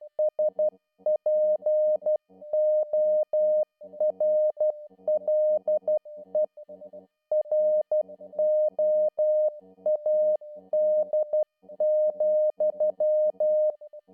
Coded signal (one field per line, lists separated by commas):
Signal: Morse code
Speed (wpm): 12 wpm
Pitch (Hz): 610 Hz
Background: music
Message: SPORLE ROAD,